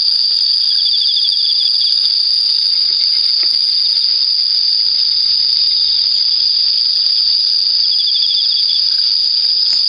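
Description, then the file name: Emma field cricket with intermittent rapid chirp series beneath a constant high-pitched insect buzz, plus a few faint clicks. "エンマコオロギ"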